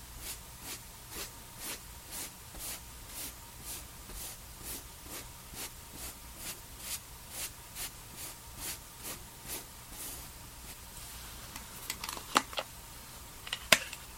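Skincare and makeup sounds: a run of short, bright hissing puffs repeats at a steady, quick pace, like a spray or brush stroke about every half second. Near the end the puffs stop and a few sharp clicks and taps sound over a low, steady hum.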